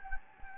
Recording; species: mosquito wingbeat signal from an infrared sensor; Anopheles gambiae